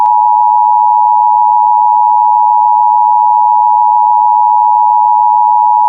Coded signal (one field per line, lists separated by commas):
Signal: Emergency Alert System (SAME) tones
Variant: 853 and 960 Hz attention tone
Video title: EAS #268-271: 4 EAS National Periodic Tests (National EAS Test)- Oct. 3, 2018- 11:20AM PDT